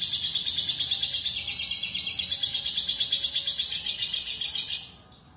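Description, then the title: Lovebird song: a fast, continuous stream of high, scratchy chirps and twitters, rapidly repeated for about five seconds, then ending abruptly. "Suara Burung Lovebird"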